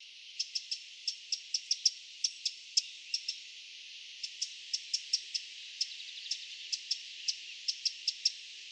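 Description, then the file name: Eurasian wren: sharp, dry, high ticks repeated in uneven runs, many in all with brief pauses, against a quiet background. "Troglodytes troglodytes"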